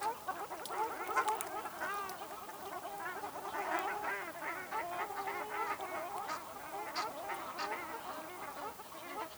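Ruddy shelduck flock, a dense, loud chorus of nasal honking calls overlapping without a break.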